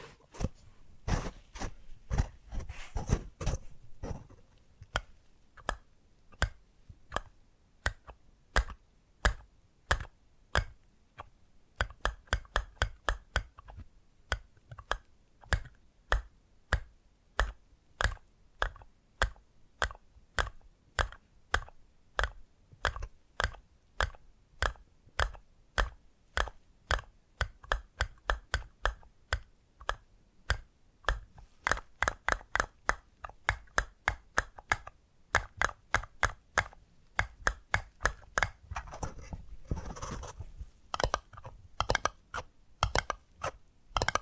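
Tapping triggers: crisp, sharp taps and clicks repeat in quick runs throughout, sometimes dense and rapid, sometimes spaced in steady rhythms. The pattern shifts every few seconds, with a busier, scratchier stretch near the end around forty seconds.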